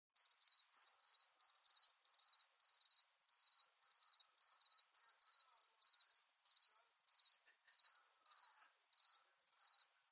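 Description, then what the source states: Cricket chirps in quick pulsed bursts, repeated roughly every half second, high and even throughout. Crickets chirping at night.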